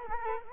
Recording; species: mosquito wingbeat signal from an infrared sensor; Culex quinquefasciatus